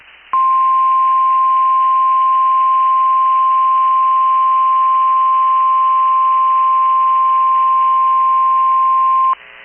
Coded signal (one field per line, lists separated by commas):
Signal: Emergency Alert System (SAME) tones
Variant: 1050 Hz attention tone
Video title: EAS 1265-1269 (2/16 & 2/17/22)